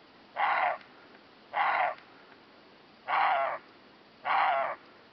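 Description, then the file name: Roe deer giving four short, rough, raspy barks, spaced a little over a second apart, over quiet background noise. "corzo"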